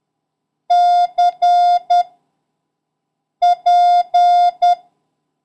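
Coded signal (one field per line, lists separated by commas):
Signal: Morse code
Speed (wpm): 10 wpm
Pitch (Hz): 710 Hz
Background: none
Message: C P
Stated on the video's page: Morse code lesson covering letters P, C and Q and the number 3, with a random run drill.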